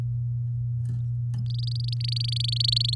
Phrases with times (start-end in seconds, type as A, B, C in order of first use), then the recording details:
1.46-2.95 A. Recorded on 9 May 2018 at 05:44. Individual llb16